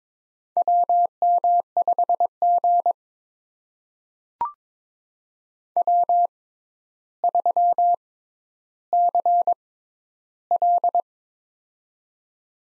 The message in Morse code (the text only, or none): WM5G W3CL